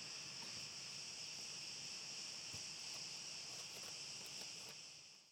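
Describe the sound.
Crickets trilling in a steady, unbroken high-pitched chorus with a few faint clicks and taps, under a low rumble of wind.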